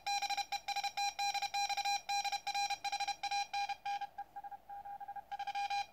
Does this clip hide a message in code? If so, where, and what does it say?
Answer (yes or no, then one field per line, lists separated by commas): yes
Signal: Morse code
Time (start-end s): 0.1-5.8 s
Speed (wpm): 31 wpm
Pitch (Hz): 810 Hz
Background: none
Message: BEST DX DR HANNES 73